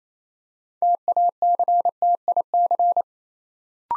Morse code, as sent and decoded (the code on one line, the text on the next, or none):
- .- -.-. - .. -.-.
TACTIC